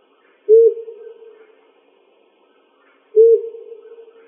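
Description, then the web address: Owl giving low, mellow single hoots, each starting sharply and trailing off, two hoots about two and a half seconds apart in silence. Owl recorded in Arizona on 6 June 2005. "Sound Library Owls AZFO FLOW 050606"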